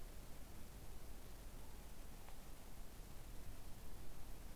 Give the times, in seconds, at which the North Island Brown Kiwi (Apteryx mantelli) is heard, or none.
none